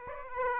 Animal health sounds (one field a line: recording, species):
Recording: mosquito wingbeat signal from an infrared sensor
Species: Aedes aegypti